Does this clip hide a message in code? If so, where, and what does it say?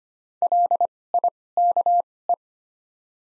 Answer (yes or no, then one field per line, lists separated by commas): yes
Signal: Morse code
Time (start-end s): 0.4-2.3 s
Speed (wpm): 25 wpm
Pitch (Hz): 700 Hz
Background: none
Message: LIKE